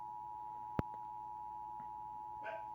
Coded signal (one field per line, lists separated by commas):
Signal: Emergency Alert System (SAME) tones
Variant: 853 and 960 Hz attention tone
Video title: EAS Child Abduction Emergency caught on camera (EAS #23)